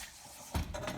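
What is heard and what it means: The swing-out arm latch on a Jeep CJ5's rear bumper carrier is being handled as the arm is swung over. After a quiet stretch, a sudden mechanical clunk comes at 0.6 s, followed by rattling metal handling noise. Nothing has seated or latched yet.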